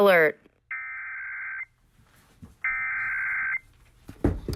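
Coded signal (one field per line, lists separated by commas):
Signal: Emergency Alert System (SAME) tones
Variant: header bursts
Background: speech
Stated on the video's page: South Carolina monthly test sent via EMNET, received on an FM station at 89.9 about 11 miles from its transmitter.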